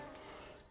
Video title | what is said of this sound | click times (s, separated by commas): BMW E60 Pre LCI TO LCI Headlight & TailLight Conversion / Retrofit DIY | into there and you'll hear that one clicking as well then all you've got to do is | 0.2 s